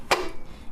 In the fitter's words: So I'm going to snap it back into place and